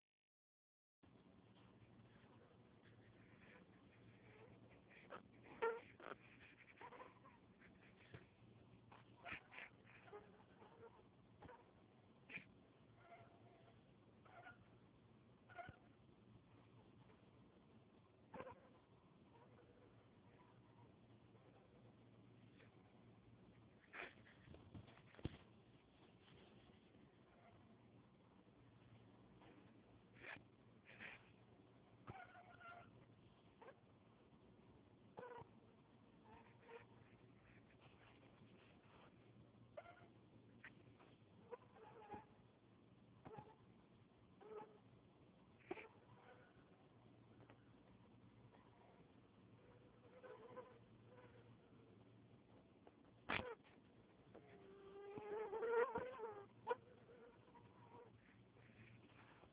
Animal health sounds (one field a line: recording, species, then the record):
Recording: mosquito flight sound by mobile phone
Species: Anopheles albimanus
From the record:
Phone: Huawei 866C